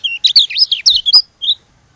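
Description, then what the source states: White-eye song phrase, a short tumble of high slurred whistles and chirps lasting just over a second, ending with one separate note. From Lombok.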